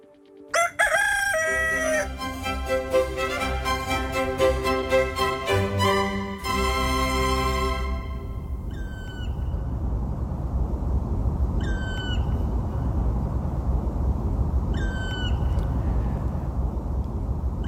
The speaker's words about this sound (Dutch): Caroline Abbenes hoorde in Hilversum een zwarte specht die opgewonden aan het alarmeren is. Wordt ook wel de zitroep genoemd. Zwarte spechten zijn behoorlijk schuwe dieren met een prachtige tekening. Ravenzwart lijf en een rode pet.